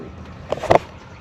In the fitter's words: You feel it. Hear that click? That's how you know you got it. You couldn't see it, but we know we got it cuz it clicked.